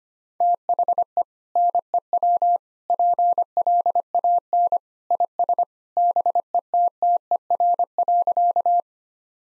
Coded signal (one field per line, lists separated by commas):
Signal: Morse code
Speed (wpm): 25 wpm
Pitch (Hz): 700 Hz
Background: none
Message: THE NEW PLAN IS BETTER.